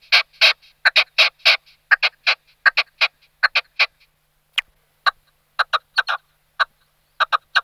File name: orebice-rudá